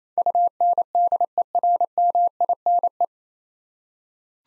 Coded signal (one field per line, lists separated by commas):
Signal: Morse code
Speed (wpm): 28 wpm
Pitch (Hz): 700 Hz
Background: none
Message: UNDERMINE